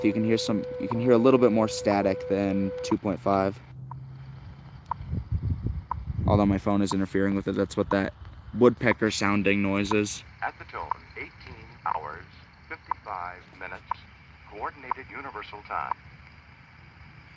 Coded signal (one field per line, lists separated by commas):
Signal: radio time signal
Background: speech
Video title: USAGM Is Gone On Shortwave. What's Left?